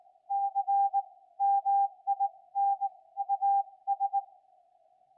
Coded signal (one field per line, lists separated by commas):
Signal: Morse code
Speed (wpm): 19 wpm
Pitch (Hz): 800 Hz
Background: none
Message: CMIN AS